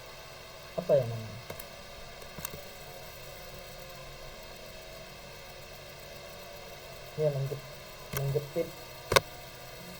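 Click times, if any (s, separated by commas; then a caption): 9.2 s. An RJ45 plug on a network cable is squeezed in a crimping tool while someone talks, and a loud, sharp tick sounds at 9.2 s. The connector is crimped and seated with that click. Fainter ticks are heard at 1.6 s and 2.5 s.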